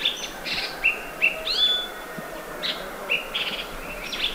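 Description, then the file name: Chestnut bulbul alarm calls: short, sharp chirps and bright whistled notes, repeated in quick irregular bursts, with faint background hiss. Subspecies canipennis; alarm call; recorded at Beishan, Guangxi, China. "Chestnut Bulbul Ssp Canipennis Alarm Call Guangxi Beishan"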